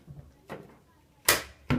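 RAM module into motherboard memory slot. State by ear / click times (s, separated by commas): seated / 1.3 s, 1.7 s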